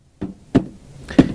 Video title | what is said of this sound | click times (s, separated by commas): طابعة رقمية epson الحجم الكبير | going a little slot and you'll feel it click in so you click it in | 0.6 s